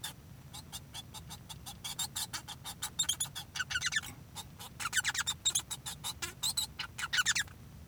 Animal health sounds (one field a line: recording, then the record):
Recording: song of a male Bengalese finch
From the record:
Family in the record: son of father 1